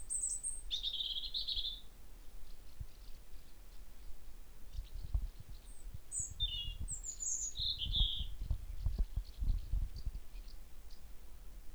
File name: Erithacus rubecula